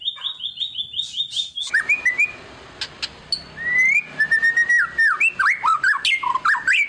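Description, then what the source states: White-rumped shama song: a rapid high stuttered phrase, then sliding whistles and scratchy notes in quick, uneven succession. Lure song of an actively singing ('gacor') murai batu, played to make other birds respond.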